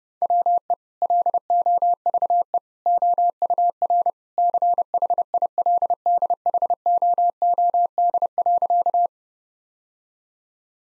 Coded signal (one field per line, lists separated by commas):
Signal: Morse code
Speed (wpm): 30 wpm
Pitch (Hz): 700 Hz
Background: none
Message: WE LOVE OUR CHILDHOOD.